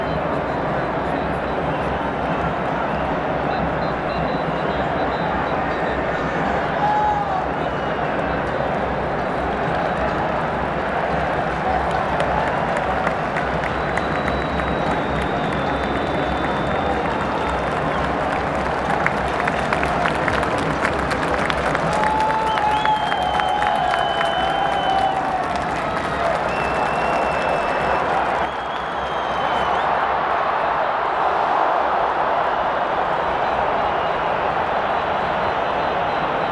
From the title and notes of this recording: Live Football Stadium | Ambience. Sound Recorded at Wembley.